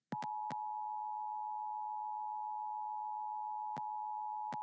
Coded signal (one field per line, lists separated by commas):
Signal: Emergency Alert System (SAME) tones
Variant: 853 and 960 Hz attention tone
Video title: Severe Thunderstorm Warning On GDEAS 5/17/21 (EAS #589)